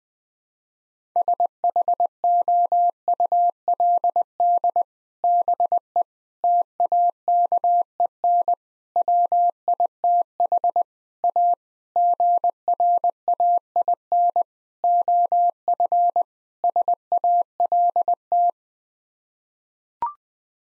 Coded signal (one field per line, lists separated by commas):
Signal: Morse code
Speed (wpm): 20 wpm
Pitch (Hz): 700 Hz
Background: none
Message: SHOULD BE TAKEN WITH A GRAIN OF SALT